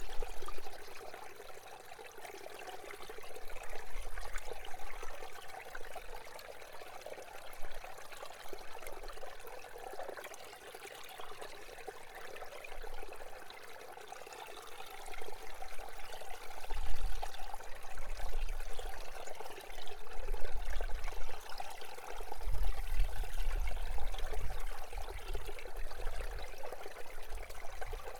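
Water flows beneath a layer of ice in a steady, dense murmur of trickling and gurgling, mostly in the middle and upper range. Low bubbling thumps surge in now and then, strongest around seventeen seconds and again from twenty-two to twenty-five seconds.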